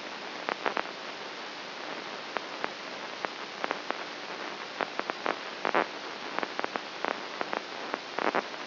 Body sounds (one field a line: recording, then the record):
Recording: brain microelectrode recording played as sound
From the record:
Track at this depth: inside the subthalamic nucleus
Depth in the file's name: 2.44 mm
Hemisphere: right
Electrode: 2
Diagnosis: Parkinson's disease